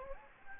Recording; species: mosquito wingbeat signal from an infrared sensor; Anopheles gambiae